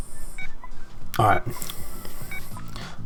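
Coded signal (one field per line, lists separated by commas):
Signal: none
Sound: video game sound beeps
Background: speech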